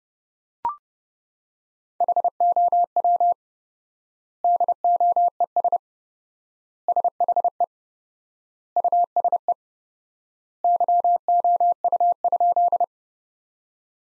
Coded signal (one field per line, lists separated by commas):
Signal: Morse code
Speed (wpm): 30 wpm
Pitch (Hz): 700 Hz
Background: none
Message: HOW DOES SHE USE YOU?